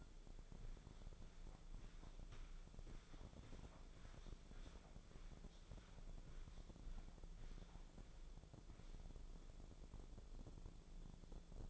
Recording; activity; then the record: daily activity, microphone in the room; walk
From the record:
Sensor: 5